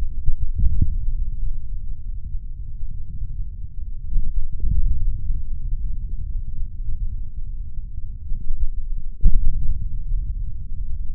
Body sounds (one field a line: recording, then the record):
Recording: forearm muscle sounds (acoustic myography)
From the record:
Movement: index flexion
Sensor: system 3, bracelet of six PUI Audio POM-2738L microphones around the upper forearm, with dedicated amplification and filtering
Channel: 5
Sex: male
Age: 26 years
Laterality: right